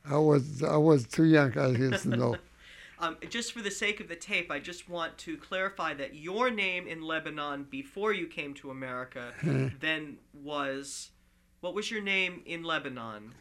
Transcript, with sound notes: I was too young to know.
( he laughs ) Just for the sake of the tape, I just want to clarify that your name in Lebanon before you came to America then was, what was your name in Lebanon?